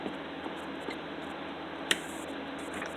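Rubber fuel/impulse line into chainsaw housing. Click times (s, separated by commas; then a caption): 1.9 s. A rubber impulse or fuel line is worked into its seat in a Stihl chainsaw housing, with faint handling sounds over a steady background hiss. At 1.9 s a single sharp pop is heard as the line seats into place, and it is properly installed.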